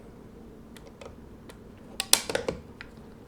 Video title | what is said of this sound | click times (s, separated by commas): Mercedes Heated Dimming Mirror Replacement W203 | once you hear the click, everything's in place. | 2.0 s, 2.1 s